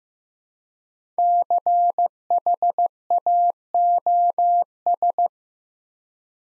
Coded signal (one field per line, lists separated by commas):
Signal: Morse code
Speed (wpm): 15 wpm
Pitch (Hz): 700 Hz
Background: none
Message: CHAOS